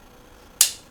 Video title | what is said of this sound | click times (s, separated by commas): PVS 14 mounting systems, the swing arm head mount | it snaps in place now once you snap it in place you can snap | 0.6 s